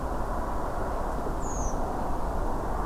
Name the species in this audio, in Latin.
Turdus iliacus